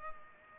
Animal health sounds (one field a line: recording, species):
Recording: mosquito wingbeat signal from an infrared sensor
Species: Culex pipiens